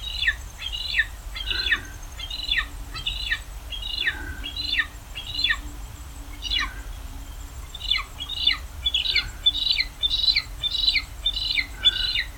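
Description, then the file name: Wedge-tailed eagle calling in a long run of thin, high yelping notes that drop in pitch, about two each second, with a faint steady hum underneath. "Aquila Audax"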